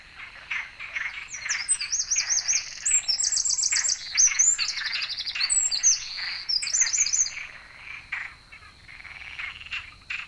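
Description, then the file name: Eurasian wren song: rapid, high, metallic trills and warbles running in bursts, over a steady high whine and a dense mid-pitched background chorus. "Troglodytes troglodytes"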